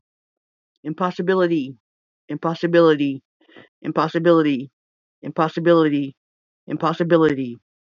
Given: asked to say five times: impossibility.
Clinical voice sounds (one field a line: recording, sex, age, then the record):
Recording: repeated word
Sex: female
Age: 40 to 49 years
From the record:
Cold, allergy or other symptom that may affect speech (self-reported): no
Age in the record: 44 years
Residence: Washington, United States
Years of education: 12